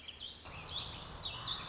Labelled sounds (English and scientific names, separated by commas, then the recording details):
Warbling Vireo (Vireo gilvus)
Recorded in Sonoma County, California